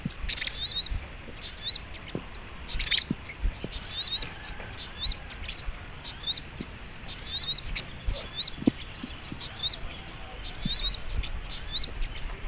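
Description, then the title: Sogok Ontong Labaik: songbird song of bright high notes and short twittering trills, repeated steadily. Training recording (masteran) of a bird called Sogok Ontong Labaik. "Masteran Burung Sogok Ontong Labaik"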